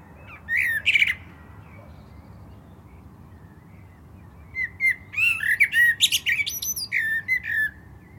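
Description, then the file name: Common blackbird song: a brief whistle and squeak, a pause, then a longer phrase of warbled fluty notes running into rapid high twittering. "Turdus merula"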